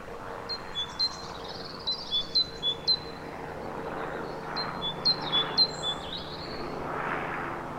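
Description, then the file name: Great tit song of alternating high and lower whistled notes in two bursts, over a rushing background noise and low hum. "Parus major"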